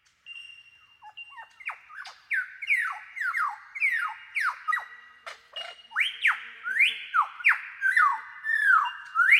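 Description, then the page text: Superb lyrebird song: loud down-slurred whistles repeated over and over, roughly one and a half per second, growing stronger toward the end. "Большая птица-лира - Superb Lyrebird (Menura novaehollandiae)"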